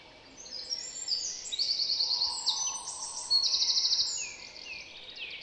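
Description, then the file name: Eurasian wren delivering a loud, high, tumbling song of rapid trills and sharp twittering notes, with background noise throughout. "Troglodytes troglodytes"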